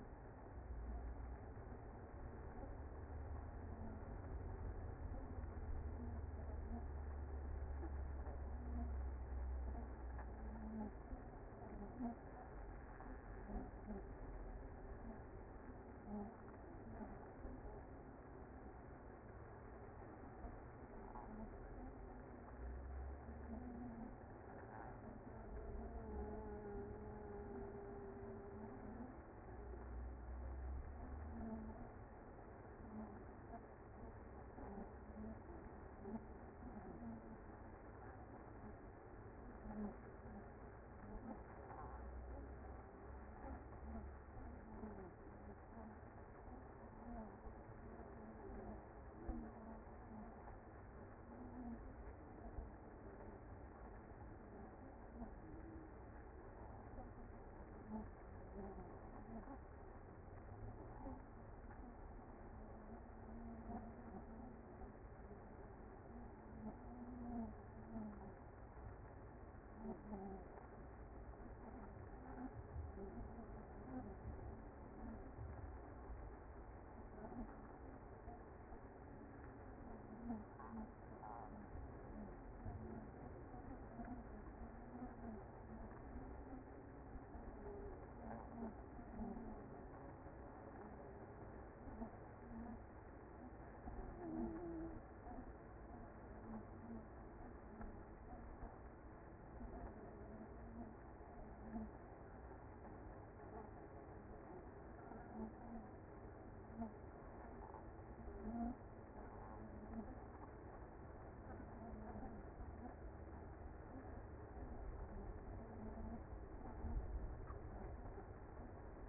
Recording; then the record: honeybee colony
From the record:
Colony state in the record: active